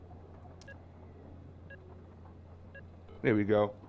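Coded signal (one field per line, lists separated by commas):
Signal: none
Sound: game notification beeps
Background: speech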